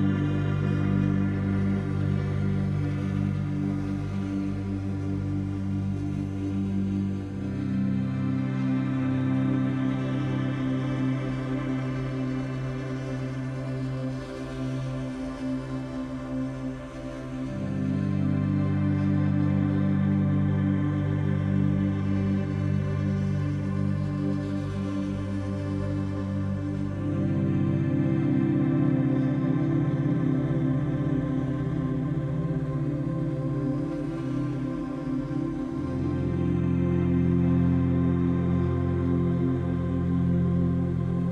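Gentle synth pads hold long, smooth chords that change roughly every ten seconds, near 7, 17, 27 and 36 seconds. The sound stays full and warm in the low and middle range, with a steady level and a brief dip around 17 seconds.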